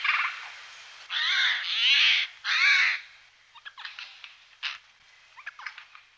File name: sojka-obecná